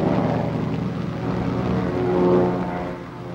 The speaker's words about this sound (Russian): В небе летят самолеты.